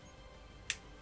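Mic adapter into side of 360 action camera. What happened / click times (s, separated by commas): The plastic adapter clicked onto its mount / 0.7 s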